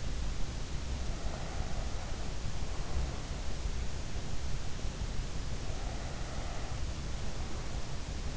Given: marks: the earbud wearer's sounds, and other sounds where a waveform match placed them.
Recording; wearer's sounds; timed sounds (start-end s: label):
sounds in sleep by an in-ear microphone; breath
0.64-3.82 s: breath
5.38-8.37 s: breath